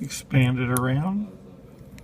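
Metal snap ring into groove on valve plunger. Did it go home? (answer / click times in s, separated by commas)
no / none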